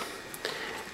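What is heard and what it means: A plastic toy cheetah piece is slid fully into a robot body until it seats. A short tick at 0.3 s is followed by a louder, slightly longer click at 0.5 s as the part goes fully home, over a steady background hiss.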